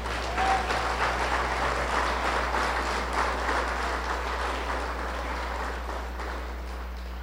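An audience breaks into sustained applause for the King (God), a dense, steady wash of many hands clapping at once that holds for several seconds and slowly tapers off, with no talking over it.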